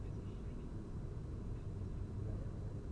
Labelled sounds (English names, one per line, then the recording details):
none
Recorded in Germany
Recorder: ecoPi